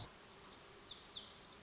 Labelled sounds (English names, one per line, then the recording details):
Lazuli Bunting
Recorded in Sonoma County, California